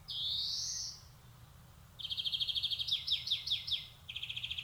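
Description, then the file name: European greenfinch: one long rising wheeze, then a fast trill running into bouncing twittered notes and another trill. "Chloris chloris"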